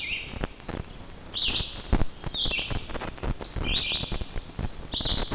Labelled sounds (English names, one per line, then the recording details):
Red-eyed Vireo song
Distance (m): 15 m
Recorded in boreal forest in Alberta, Canada, on 14 June 2016 at 06:56
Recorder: SongMeter 3, array SBT-3-33
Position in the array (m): 133 m, 156 m